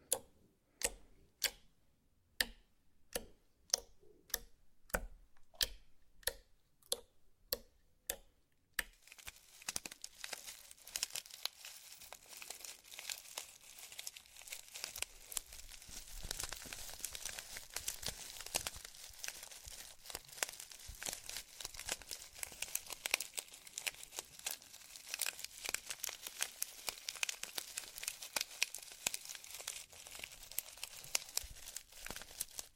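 Slime being played with. For the first nine seconds, sharp, bright clicks come at a steady pace, about one every second or less. After that, a dense, crackly crinkling takes over and keeps going without a break, full of rapid tiny pops.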